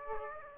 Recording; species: mosquito wingbeat signal from an infrared sensor; Aedes aegypti